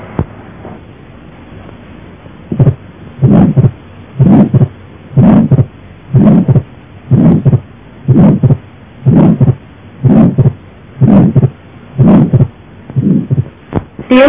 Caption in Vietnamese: Ta cũng nghe thấy tiếng thổi tâm thu rõ nhất ở liên sườn 3 sát bỡ trái, và bao giờ cũng kèm theo tiếng T2 tách đôi cố định.